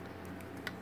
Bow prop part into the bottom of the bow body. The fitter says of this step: part I suppose that's what you call it this actually pops into the bottom of this so